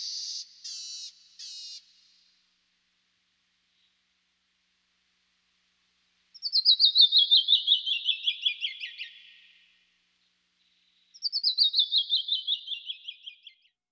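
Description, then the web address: Canyon wren: three short buzzy high notes, a pause, then two clear whistled cascades of rapid notes sliding steadily down in pitch. Western North America. "Dan Gibson Wildlife Identification By Sound, Western North America. Canyon Wren"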